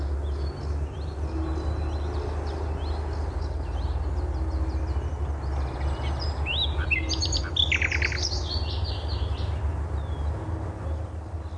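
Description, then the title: Bird song, high twittering mostly soft, rising to a brief rapid burst of sharp notes midway, over a constant low rumble. "LuckyPassaro Completos2Sama"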